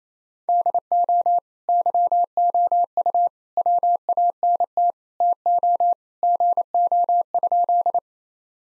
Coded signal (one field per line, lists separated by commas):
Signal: Morse code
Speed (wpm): 28 wpm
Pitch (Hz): 700 Hz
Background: none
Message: DO YOU WANT TO GO?